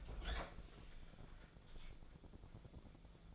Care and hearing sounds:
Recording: daily activity, microphone in the room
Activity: open fridge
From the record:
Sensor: 5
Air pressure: 1000.1 hPa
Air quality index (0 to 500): 110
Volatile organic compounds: 1 ppm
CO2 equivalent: 878 ppm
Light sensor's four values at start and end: 181/432/182/198 and 182/431/183/199

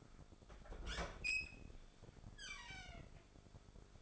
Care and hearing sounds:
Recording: daily activity, microphone in the room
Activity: open fridge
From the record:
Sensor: 5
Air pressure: 1004.7 hPa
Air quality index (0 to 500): 157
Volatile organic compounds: 3 ppm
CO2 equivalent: 1482 ppm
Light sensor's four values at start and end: 21/47/19/17 and 22/51/20/19

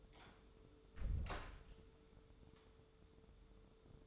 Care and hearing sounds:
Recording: daily activity, microphone in the room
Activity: close door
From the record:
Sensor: 3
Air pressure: 1015.2 hPa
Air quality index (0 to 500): 127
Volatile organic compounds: 5 ppm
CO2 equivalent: 1782 ppm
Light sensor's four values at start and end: 16/40/16/17 and 16/40/16/17

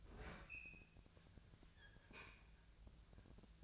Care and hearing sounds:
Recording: daily activity, microphone in the room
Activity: open fridge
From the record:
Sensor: 2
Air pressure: 1009.6 hPa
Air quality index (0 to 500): 182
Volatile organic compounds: 11 ppm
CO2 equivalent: 2274 ppm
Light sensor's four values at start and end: 27/66/28/31 and 27/65/28/31

